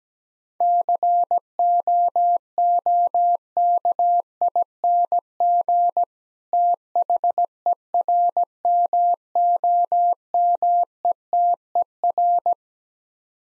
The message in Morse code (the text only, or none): COOKING THERMOMETER